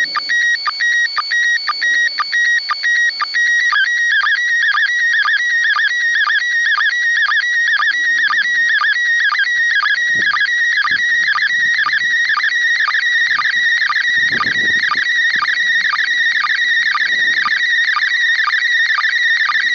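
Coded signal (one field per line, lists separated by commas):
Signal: SSTV (slow-scan television)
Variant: PD120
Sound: warbling steady whistle near 1.9 kHz broken by rapid regular dips, like chirping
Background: faint radio noise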